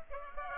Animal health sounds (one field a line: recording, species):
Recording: mosquito wingbeat signal from an infrared sensor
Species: Culex pipiens